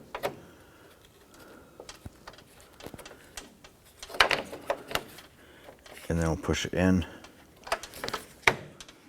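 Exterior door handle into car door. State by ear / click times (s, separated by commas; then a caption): seated / 8.5 s. A new exterior door handle for a 2004-2008 Acura TL is engaged at the lock cylinder area and pushed into its opening in the door skin while someone talks. A few light clicks and handling sounds lead to a single sharp snap at 8.5 s as the handle locks into place and is seated.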